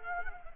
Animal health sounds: mosquito wingbeat signal from an infrared sensor; Culex quinquefasciatus

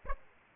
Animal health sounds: mosquito wingbeat signal from an infrared sensor; Aedes aegypti

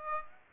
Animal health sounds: mosquito wingbeat signal from an infrared sensor; Aedes aegypti

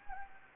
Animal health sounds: mosquito wingbeat signal from an infrared sensor; Anopheles gambiae

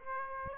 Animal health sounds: mosquito wingbeat signal from an infrared sensor; Aedes aegypti

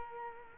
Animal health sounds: mosquito wingbeat signal from an infrared sensor; Culex quinquefasciatus

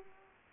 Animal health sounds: mosquito wingbeat signal from an infrared sensor; Culex pipiens

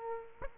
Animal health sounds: mosquito wingbeat signal from an infrared sensor; Aedes aegypti

